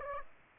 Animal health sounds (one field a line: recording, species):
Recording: mosquito wingbeat signal from an infrared sensor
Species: Aedes aegypti